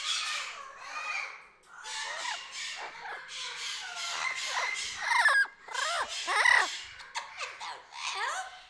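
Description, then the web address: Aviary birds calling, a dense mix of chattering, squeaky and harsh chirps with rising and falling notes, several birds overlapping throughout. "Epidemic Sound Albums. Aviary Birds"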